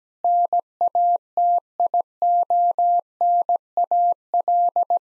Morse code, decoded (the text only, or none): NATIONAL